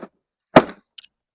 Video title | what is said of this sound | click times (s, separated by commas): Baby Trend Skyview Plus Travel System Review | you can see there you heard the click it locked in so now it is stuck to the base | 0.6 s